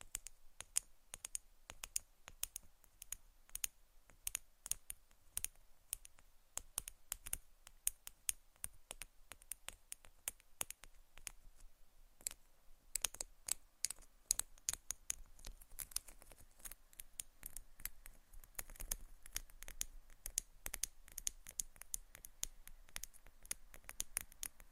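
Quick tapping and scratching, made of dense, irregular clicks that run without a break for the whole stretch. The hits are sharp and bright, some louder than others, coming in uneven bursts that thicken after about fifteen seconds, over a faint low hum.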